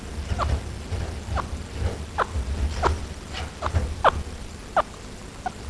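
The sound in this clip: Chinchilla calls: several short, sharp squeaky notes at irregular intervals, a few louder than the rest, over a continuous low rumble.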